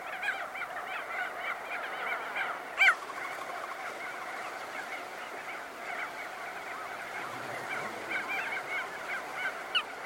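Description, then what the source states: Crested auklet colony chorus of nasal honking calls from many birds, with a single sharp loud call standing out near three seconds. Close-up recording.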